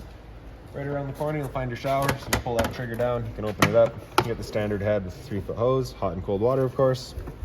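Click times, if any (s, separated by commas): none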